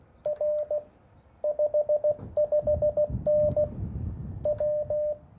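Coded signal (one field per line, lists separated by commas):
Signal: Morse code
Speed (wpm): 16 wpm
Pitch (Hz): 600 Hz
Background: none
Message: R 55N W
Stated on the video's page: Short CW Parks on the Air activation using an Icom IC-705 with MAT-705+ tuner and Chameleon CHA-TDL antenna elements.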